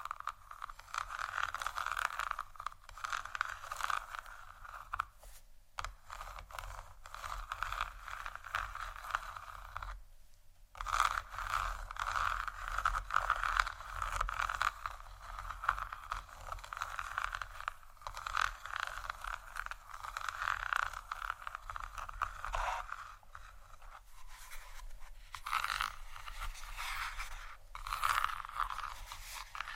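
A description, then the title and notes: Gentle scratching goes on almost without pause for the full thirty seconds, a dense, papery scraping centered in the middle and upper range. Brief gaps near 5, 10 and 23 seconds break the rhythm, and a faint low rumble sits underneath throughout. ASMR Gentle Scratching For Sleep（No Talking）.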